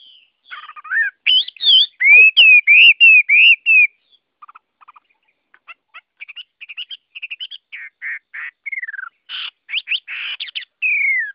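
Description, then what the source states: Chinese hwamei song with loud repeated whistles, then a quieter stretch of soft clicking notes, followed by buzzy phrases and a final falling whistle. Song in the 'forest voice' (giọng rừng) style.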